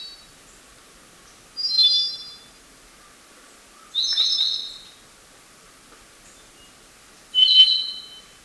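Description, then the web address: Andean solitaire song: three short, high, ringing harmonic phrases separated by pauses of a few seconds, over a quiet background. Recorded in Ecuador. "Birds of Ecuador. Andean Solitaire"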